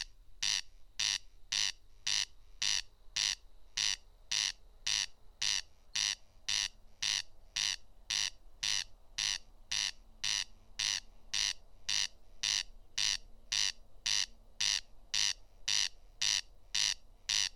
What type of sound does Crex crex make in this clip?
song